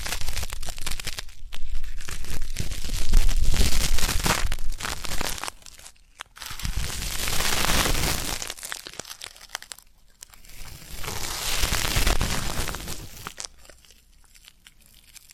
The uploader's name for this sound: ASMR 3D Deep Ear Canal & Eardrum Cleaning